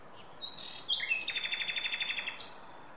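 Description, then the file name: Common nightingale song: brief whistles, then a fast, even trill of repeated notes closing on a high, sharp note. "Luscinia megarhynchos"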